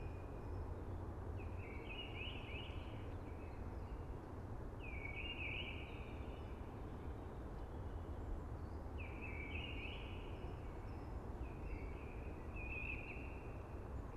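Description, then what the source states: Eurasian blackbird singing short fluty phrases about every three to four seconds, over a steady loud rushing hiss of wind in trees. Sings early amongst hushing conifers.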